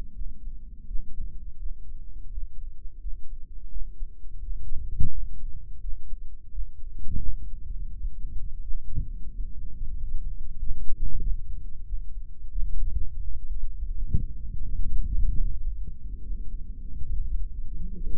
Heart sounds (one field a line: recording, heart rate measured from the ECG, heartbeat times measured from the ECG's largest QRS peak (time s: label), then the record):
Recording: heart sounds by microphone in the right ear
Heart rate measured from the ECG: 84 bpm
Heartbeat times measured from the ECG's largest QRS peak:
0.14 s: heartbeat
0.86 s: heartbeat
1.58 s: heartbeat
2.30 s: heartbeat
3.00 s: heartbeat
3.69 s: heartbeat
4.39 s: heartbeat
5.10 s: heartbeat
5.80 s: heartbeat
6.50 s: heartbeat
7.21 s: heartbeat
7.92 s: heartbeat
8.62 s: heartbeat
9.30 s: heartbeat
9.95 s: heartbeat
10.58 s: heartbeat
11.21 s: heartbeat
11.85 s: heartbeat
12.51 s: heartbeat
13.19 s: heartbeat
13.90 s: heartbeat
14.62 s: heartbeat
15.35 s: heartbeat
16.22 s: heartbeat
17.11 s: heartbeat
17.95 s: heartbeat
From the record:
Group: healthy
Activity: rest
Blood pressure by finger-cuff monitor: 139/80 mmHg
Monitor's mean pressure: 94 mmHg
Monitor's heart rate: 85 bpm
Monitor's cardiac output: 7.8 L/min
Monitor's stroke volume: 92 mL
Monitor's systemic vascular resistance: 880 dyn s/cm5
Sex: male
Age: 57 years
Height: 188 cm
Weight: 106 kg